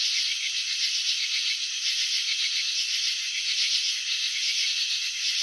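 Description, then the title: Cricket chirping: a constant high buzz of quick pulses, even in pitch and loudness from start to finish. Crickets chirping, filmed in slow motion; wing vibrations and antenna movements shown. "Crickets in Slow Motion 📷. Capturing the Elegance of Chirping"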